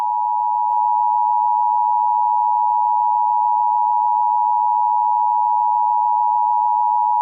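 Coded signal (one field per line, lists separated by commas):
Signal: Emergency Alert System (SAME) tones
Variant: 853 and 960 Hz attention tone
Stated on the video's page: Simulated US-style alert for the January 2022 Chile tsunami, not a real broadcast.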